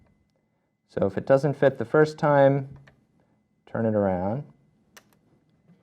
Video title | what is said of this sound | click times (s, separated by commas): How to install Ooma Connect- Connecting the Antenna and Base | insert till you hear a click. | 5.0 s